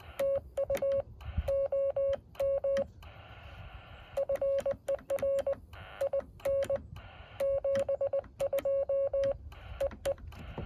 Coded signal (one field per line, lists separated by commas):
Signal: Morse code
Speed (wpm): 20 wpm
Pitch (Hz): 550 Hz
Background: radio noise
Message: TU OM FER IN 72 EE